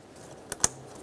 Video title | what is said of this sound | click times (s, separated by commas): How to Replace Fuel Injectors 2006-2012 Ford Fusion 3.0L V6 | continue on to your mass air flow sensor make sure you lock it in | 0.6 s